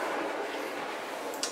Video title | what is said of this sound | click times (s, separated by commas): Harry Potter Hogwarts Express Advent Calendar REVIEW - Unboxing The Contents What Did We Find Inside | it's made really well i can feel i feel like it snaps in place | 1.4 s